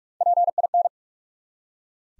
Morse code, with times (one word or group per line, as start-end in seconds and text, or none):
0.2-0.5 P
0.6-0.7 I
0.7-0.9 N